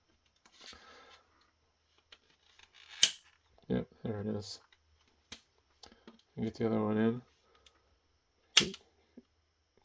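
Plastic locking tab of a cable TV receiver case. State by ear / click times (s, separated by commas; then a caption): not seated / none. A screwdriver pries at a plastic locking tab on the case of a Dish Joey 0KNT16 DVR access point cable TV box while someone talks. Sharp, loud snaps ring out at about 3.0 s and 8.6 s, with quieter ticks and scrapes between them. The snap comes from the screwdriver slipping over the tab, so the tab has not released yet.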